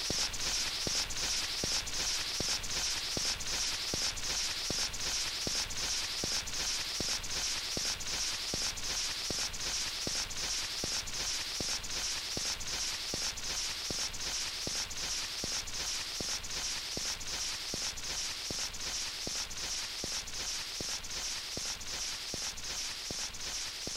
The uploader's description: Static from an old 78 RMP shellac record